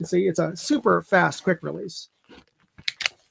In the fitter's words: And it snaps back in magnetically.